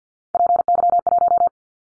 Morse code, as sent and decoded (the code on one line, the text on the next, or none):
.--. -.-- .----
PY1